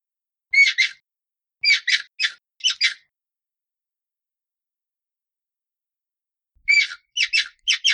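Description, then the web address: Hyrax calling with harsh, squeaky notes in quick bursts of two or three, a long silent gap, then another run of shrill squeaks. "aswat Wabbar"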